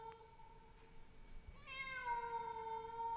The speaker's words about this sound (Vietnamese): Tôi với tay khép cửa lại thì từ đâu, một con mèo hoang chạy vụt qua. Con mèo kêu lên những tiếng nghe thê thiết, mơ mơ hồ hồ cứ như là tiếng trẻ con khóc vậy.